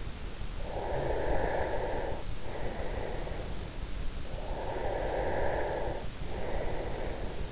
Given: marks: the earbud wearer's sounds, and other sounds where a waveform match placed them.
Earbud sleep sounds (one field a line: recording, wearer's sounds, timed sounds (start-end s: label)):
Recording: sounds in sleep by an in-ear microphone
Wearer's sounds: breath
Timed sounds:
0.74-3.97 s: breath
4.16-7.51 s: breath